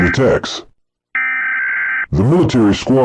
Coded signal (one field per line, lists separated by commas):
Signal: Emergency Alert System (SAME) tones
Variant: header bursts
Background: speech